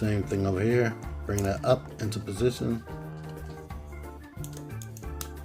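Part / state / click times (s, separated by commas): plastic part on the other side of a transforming figure, into its position on the body / seated / 5.2 s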